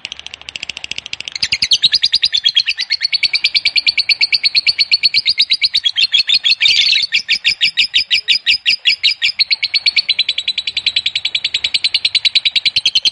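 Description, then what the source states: Lovebird chattering at length, a long unbroken train of rapid shrill buzzy notes with a brief louder burst midway, continuing steadily to the end. Lovebird of fighter type, giving a long ngekek, the drawn-out chattering song.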